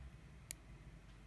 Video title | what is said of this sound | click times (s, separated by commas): Disassemble JBL Partybox 100 & Battery Upgrade (Part 2/2) | pushing until we hear a little click | 0.5 s